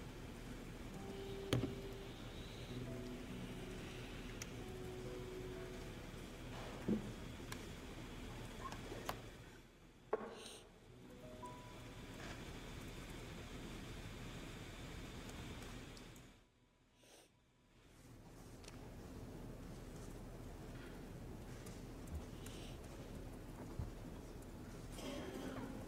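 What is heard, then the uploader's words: A large library interior with a steady low murmur of room noise and activity, dotted with small knocks and clicks around the start and near seven seconds. The hush nearly drops away twice, briefly near ten seconds and more deeply around sixteen to seventeen seconds, before the steady background returns. Study with me at hogwarts (aka the yale library!).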